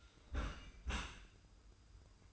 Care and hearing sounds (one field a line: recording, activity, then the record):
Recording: daily activity, microphone in the room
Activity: close dishwasher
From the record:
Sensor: 2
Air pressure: 990.3 hPa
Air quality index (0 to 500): 208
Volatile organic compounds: 1000 ppm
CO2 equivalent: 6691 ppm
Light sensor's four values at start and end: 26/62/25/25 and 26/62/25/25